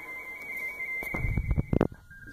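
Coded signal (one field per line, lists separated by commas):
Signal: RTTY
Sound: warbling two-note data tone at about 2 kHz, interrupted by several loud knocks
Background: handling knocks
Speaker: we got it in the mode already let's put some sound to this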